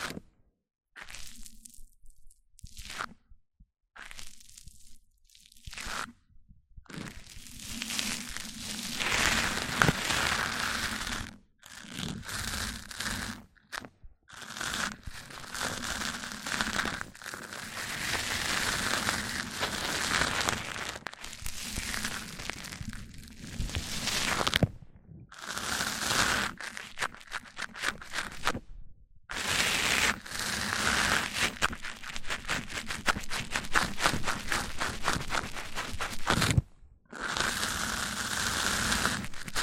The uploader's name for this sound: MIC ON MIC Triggers